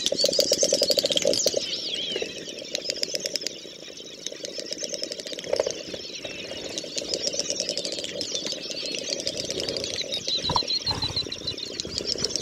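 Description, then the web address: Great snipe calling: dense rapid clicking mixed with high, bubbling, warbled twittering notes, plus a lower steady chattering band; the calling continues without pause throughout. "Przyroda Ptaki Dubelt"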